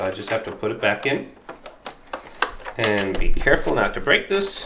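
Someone talks while pressing the lifted corner of a plastic side cover back onto a PS5 game console body, with a few light handling taps between 1.5 and 2.4 seconds. The clip ends before the cover's clips snap on, so nothing has seated or clicked yet.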